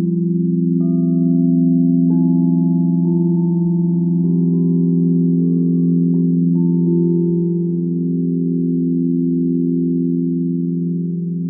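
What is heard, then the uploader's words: Crystal singing bowls sustain a thick, steady hum, with several low-middle tones layered and slowly beating against each other. Higher, fainter ringing tones enter and shift every second or so, especially around the first seven seconds. The loudness stays even throughout, with no other sounds. Crystal Singing bowl. They produce sustained sounds and vibrations when hit or circled with a mallet.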